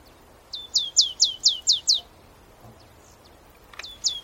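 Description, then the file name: Marsh tit calling in a fast run of several high, sharply descending notes, then quiet, and a second similar run beginning near the end; faint background hiss. "Poecile palustris"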